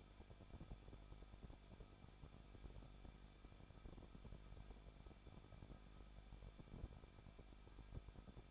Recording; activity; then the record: daily activity, microphone in the room; no activity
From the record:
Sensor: 5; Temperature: 20.9 degrees Celsius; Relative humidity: 38.2%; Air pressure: 1006.4 hPa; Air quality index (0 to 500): 187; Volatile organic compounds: 18 ppm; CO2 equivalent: 2626 ppm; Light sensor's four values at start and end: 2/3/1/1 and 2/3/1/1